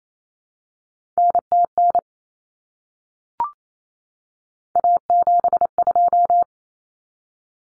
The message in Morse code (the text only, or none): NTN A72